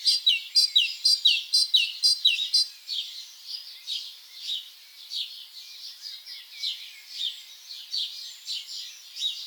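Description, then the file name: Great tit giving a loud burst of quick two-note phrases, then softer phrases continue. "Parus major"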